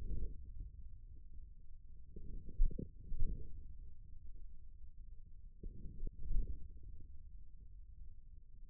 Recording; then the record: forearm muscle sounds (acoustic myography)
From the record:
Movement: forearm pronation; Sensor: system 1, eight BSWA MPA416 microphones around the upper forearm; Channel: 6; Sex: male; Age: 41 years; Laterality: right